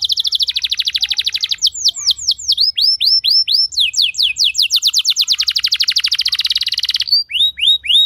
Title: Kenari Gacor Speed RAPAT Cuit Cuit Ngero L Suara Bagus Untuk Pancingan Kenari Paud Belajar Bunyi